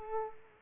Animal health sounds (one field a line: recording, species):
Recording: mosquito wingbeat signal from an infrared sensor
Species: Culex quinquefasciatus